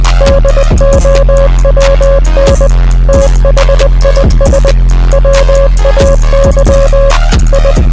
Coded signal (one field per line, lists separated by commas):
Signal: Morse code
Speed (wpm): 20 wpm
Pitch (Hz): 550 Hz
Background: music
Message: DOWN THIS WAY I